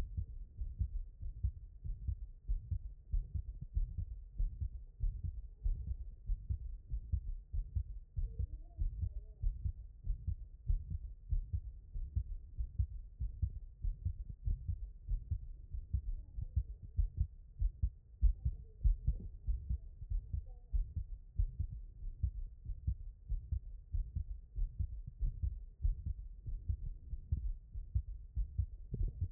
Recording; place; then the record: heart sounds by stethoscope; tricuspid valve (TV)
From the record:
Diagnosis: HFrEF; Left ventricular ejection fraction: 10%